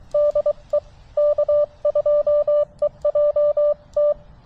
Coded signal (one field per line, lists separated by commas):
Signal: Morse code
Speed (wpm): 23 wpm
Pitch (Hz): 590 Hz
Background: none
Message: DE K2EJT